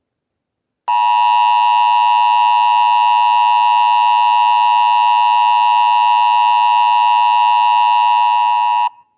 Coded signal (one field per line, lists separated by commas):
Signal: Emergency Alert System (SAME) tones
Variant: 853 and 960 Hz attention tone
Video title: Preformers From Outer Space (Alternate Dimension) | Mini EAS Scenario